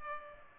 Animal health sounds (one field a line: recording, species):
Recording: mosquito wingbeat signal from an infrared sensor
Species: Culex pipiens